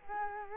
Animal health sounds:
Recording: mosquito wingbeat signal from an infrared sensor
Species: Culex quinquefasciatus

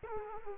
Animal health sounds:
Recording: mosquito wingbeat signal from an infrared sensor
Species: Culex quinquefasciatus

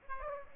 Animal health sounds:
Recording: mosquito wingbeat signal from an infrared sensor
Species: Aedes aegypti

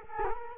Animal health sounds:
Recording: mosquito wingbeat signal from an infrared sensor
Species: Culex quinquefasciatus

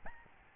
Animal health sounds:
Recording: mosquito wingbeat signal from an infrared sensor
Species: Aedes albopictus

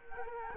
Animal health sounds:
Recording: mosquito wingbeat signal from an infrared sensor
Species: Culex quinquefasciatus

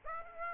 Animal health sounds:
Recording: mosquito wingbeat signal from an infrared sensor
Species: Aedes aegypti

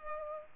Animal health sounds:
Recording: mosquito wingbeat signal from an infrared sensor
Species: Culex pipiens

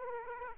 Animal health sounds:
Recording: mosquito wingbeat signal from an infrared sensor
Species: Aedes aegypti

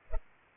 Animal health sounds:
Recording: mosquito wingbeat signal from an infrared sensor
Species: Culex pipiens

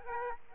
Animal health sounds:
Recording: mosquito wingbeat signal from an infrared sensor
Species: Aedes aegypti

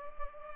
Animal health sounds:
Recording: mosquito wingbeat signal from an infrared sensor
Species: Culex pipiens

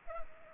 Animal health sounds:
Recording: mosquito wingbeat signal from an infrared sensor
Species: Culex pipiens

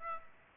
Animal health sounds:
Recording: mosquito wingbeat signal from an infrared sensor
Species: Aedes aegypti

